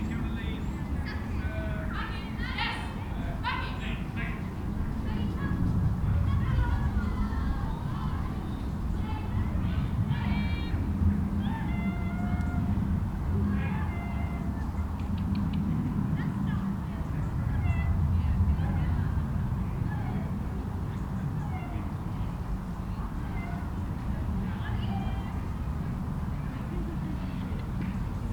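Families fill a country park with a steady murmur of voices, children's high calls and squeals popping up throughout over a low, constant rumble.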